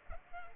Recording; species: mosquito wingbeat signal from an infrared sensor; Culex pipiens